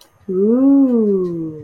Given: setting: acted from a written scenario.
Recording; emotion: vocal sound without words; romantic love